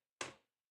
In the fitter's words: so it just kind of snaps into place like this pretty satisfying sound too